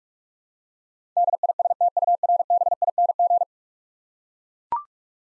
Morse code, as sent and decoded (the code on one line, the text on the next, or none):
-.. .. ... - ..- .-. -... .. -. --.
DISTURBING